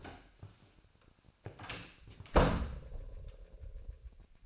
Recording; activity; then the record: daily activity, microphone in the room; close door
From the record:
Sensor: 2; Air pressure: 1007.2 hPa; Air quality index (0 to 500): 190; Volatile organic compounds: 12 ppm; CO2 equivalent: 2332 ppm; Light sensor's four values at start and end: 10/24/10/10 and 10/24/10/10